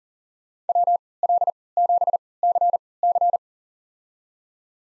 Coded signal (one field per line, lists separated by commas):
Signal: Morse code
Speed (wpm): 40 wpm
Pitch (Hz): 700 Hz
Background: none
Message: WL7CC